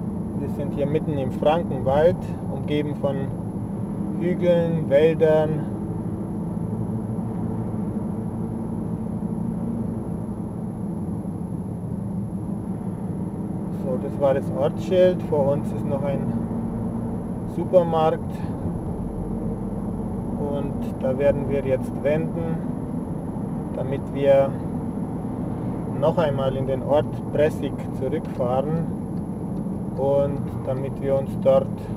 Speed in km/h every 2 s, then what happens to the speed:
44, 45, 47, 48, 47, 43, 47, 49, 49, 52, 54, 55, 55, 52, 48, 44.
0-11 steady at about 45. 11-24 speeds up to 55. 24-32 slows to 44.